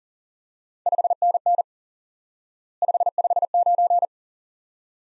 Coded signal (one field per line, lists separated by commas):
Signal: Morse code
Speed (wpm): 40 wpm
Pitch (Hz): 700 Hz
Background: none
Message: 5NN 559